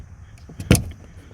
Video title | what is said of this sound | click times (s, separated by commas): BMW 325i (E90) FUEL PUMP ASSEMBLY REPLACEMENT DIY! SIMPLE STEP BY STEP INSTRUCTIONS! | literally just put it on nice and snug, and you hear it click | 0.8 s